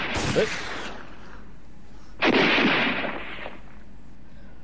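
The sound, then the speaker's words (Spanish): Two loud gunshots fired into the air a couple of seconds apart, each a sharp crack that rolls off into a hissing, rumbling tail before silence returns. “Damos un par de tiros al aire.”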